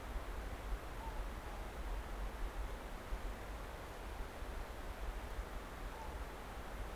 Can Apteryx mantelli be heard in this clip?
no